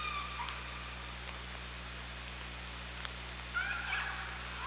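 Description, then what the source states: Killer whale call, a brief squeal at the start and a short wavering tone near the end, faint against underwater hiss and hum. Underwater OrcaLab hydrophone at Parson Island, 24 August 2017, 18:32.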